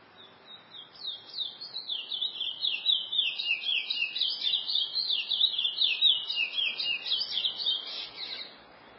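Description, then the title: Chestnut-bellied seed finch song with quick, jumbled twittering and slurred high notes poured out continuously, over a light hiss of background noise. "Canto De Curio"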